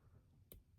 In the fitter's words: right Clips in place on the open